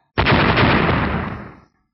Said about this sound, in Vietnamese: Tiếng nổ lớn vang ra, con rồng cùng với đạo kim sắc đánh ngay phía trước huyết hà, phát ra một tiếng nổ kinh người, cuối cùng cũng đã ngăn cản được cái dòng huyết hà này, làm cho nó không thể tiến tới được.